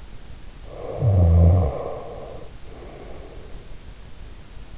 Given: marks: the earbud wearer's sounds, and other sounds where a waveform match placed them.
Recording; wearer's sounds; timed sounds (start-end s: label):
sounds in sleep by an in-ear microphone; snoring breath
0.53-3.85 s: snoring breath